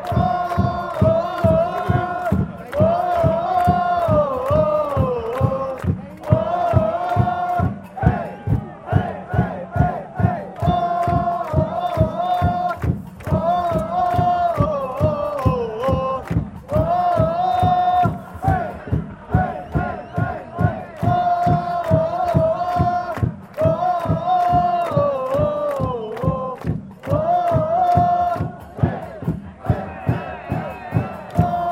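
Away supporters behind the goal at a football stadium chant in unison from the top row, a loud, dense crowd singing a repeating melody. Steady, regular drumbeats drive the chant throughout, with brief pauses between phrases every few seconds.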